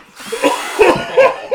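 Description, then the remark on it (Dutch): A Makita power drill whirs in three short revving bursts over a steady buzzing hiss, each rising briefly in pitch and loudness before easing off. “En Makita, boormachines.”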